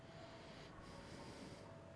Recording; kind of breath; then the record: one breath in and out by a microphone near the nose and mouth; normal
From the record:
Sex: male